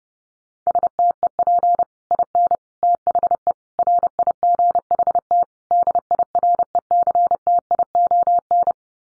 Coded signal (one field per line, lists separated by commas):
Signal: Morse code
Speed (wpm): 30 wpm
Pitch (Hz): 700 Hz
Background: none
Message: STEP IN THE RIGHT DIRECTION